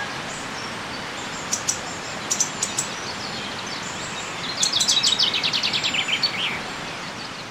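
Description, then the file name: Common chaffinch giving a single descending trilled phrase, preceded by a few sharp high ticks. "Fringilla coelebs"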